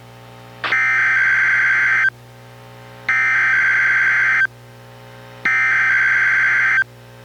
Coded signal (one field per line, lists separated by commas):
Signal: Emergency Alert System (SAME) tones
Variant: header bursts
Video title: EAS #1039: NWR Required Weekly Test- Dec. 18, 2024- 11:07AM PST